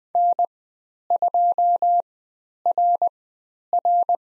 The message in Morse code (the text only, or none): N2RR